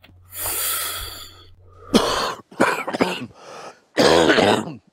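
An adult inhales noisily, then gives a short bout of several harsh coughs, the last one voiced and rasping, from coughing caused by smoke.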